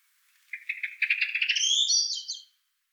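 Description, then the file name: Common blackbird rattling call, a fast series of harsh pulses rising in pitch over two seconds and ending in a few higher, squeakier notes, with a quiet background. "Turdus merula"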